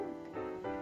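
A short, whining, tonal gurgle from an adult woman's stomach, lasting under a second and rising and falling in pitch like a soft 'kuun', heard in a radio studio. It is an ordinary stomach growl (borborygmus), gas and fluid moving through the gut, and is harmless.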